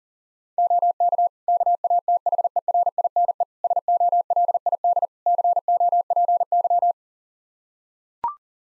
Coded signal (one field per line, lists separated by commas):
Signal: Morse code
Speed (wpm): 37 wpm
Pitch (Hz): 700 Hz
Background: none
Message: OK KATHERINE SOLID COPY